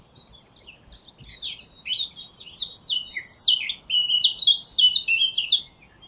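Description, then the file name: Eurasian blackcap song over a faint low hiss: a busy twittering warble that swells into a bright, fluty whistled ending. "Sylvia atricapilla"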